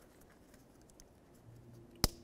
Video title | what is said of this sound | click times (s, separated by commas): How to Replace Side Mirror 2000-2005 Buick LeSabre | a little click give it a tug | 2.0 s